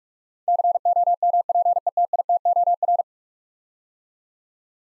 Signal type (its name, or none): Morse code